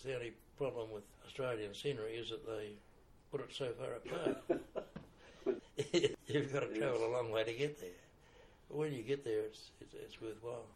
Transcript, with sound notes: The only problem with Australian scenery is that they put it so far apart. [Chuckle] You’ve got to travel a long way to get there, but when you get there it’s worthwhile.